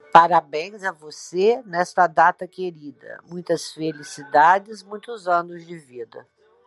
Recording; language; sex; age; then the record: short text; Brazilian Portuguese; female; 50 to 59 years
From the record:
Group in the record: control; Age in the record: 59 years